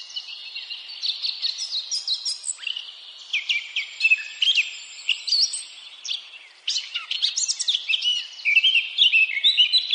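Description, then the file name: Eurasian blackcap singing a continuous, rich warble of quick scratchy twitters and sliding notes, briefly dipping quieter near the middle before resuming. "Sylvia atricapilla"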